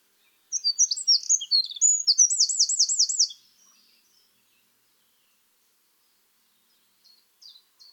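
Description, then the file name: Eurasian wren song, a loud fast outpouring of very high notes about three seconds long, including a rolling trill, followed by a few faint chips. "Troglodytes troglodytes"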